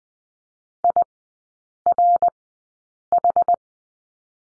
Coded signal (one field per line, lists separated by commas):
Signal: Morse code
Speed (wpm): 20 wpm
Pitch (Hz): 700 Hz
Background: none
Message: IRH